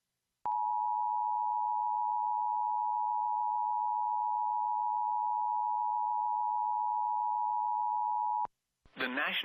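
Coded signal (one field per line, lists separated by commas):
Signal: Emergency Alert System (SAME) tones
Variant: 853 and 960 Hz attention tone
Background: speech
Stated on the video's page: Tornado warning for Newark, Ohio received via Spectrum cable.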